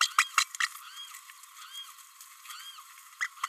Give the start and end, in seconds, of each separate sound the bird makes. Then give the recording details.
0.00-0.11, 0.37-0.44, 0.60-0.67, 3.20-3.28. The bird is a female. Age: 29 days. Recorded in a nest box in Venezuela. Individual 17B32A5